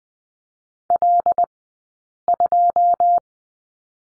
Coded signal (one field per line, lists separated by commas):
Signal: Morse code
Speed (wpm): 20 wpm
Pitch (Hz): 700 Hz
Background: none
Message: L2